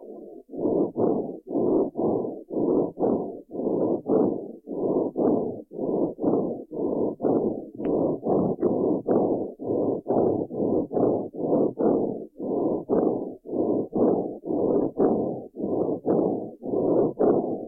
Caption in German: Trachealgeräusche beim Fohlen. Trachealgeräusch des Fohlens unterscheidet sich von dem des erwachsenen Pferdes lediglich durch eine höhere Atemfrequenz.